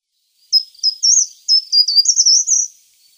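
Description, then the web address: Short-toed treecreeper singing a high, thin phrase of distinct short notes that run into a slightly rising, warbled flourish, lasting about two seconds. "Schulze Peter Short-toed Treecreeper song"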